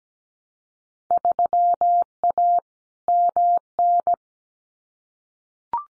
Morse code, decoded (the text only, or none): 3A MN